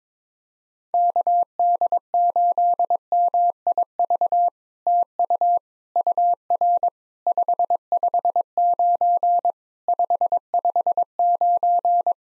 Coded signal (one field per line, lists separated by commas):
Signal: Morse code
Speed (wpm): 22 wpm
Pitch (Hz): 700 Hz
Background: none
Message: KD8MIV TU UR 559 559